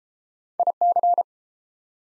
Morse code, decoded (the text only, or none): IC